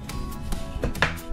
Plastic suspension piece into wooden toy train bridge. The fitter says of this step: can see it's clicked in place and that's very cool they'll help retain it especially when we have a little man walking